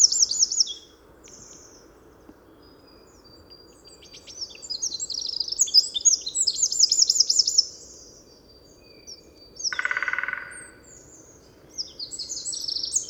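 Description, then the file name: Eurasian wren singing long, rapid, high-pitched trilling phrases of tumbling notes, broken by a brief harsh noise and pauses before resuming. "Troglodytes troglodytes"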